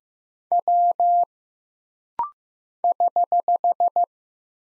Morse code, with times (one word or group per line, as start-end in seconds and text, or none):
0.5-1.2 W
2.8-4.0 <HH>